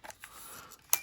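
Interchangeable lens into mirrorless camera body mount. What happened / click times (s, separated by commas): The lens clicked home in its mount / 0.9 s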